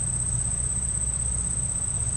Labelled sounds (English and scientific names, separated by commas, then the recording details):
none
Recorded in secondary vegetation near Puerto Asís, Putumayo, Colombia, on 24 March 2025 at 10:30
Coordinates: 0.502, -76.326
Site G100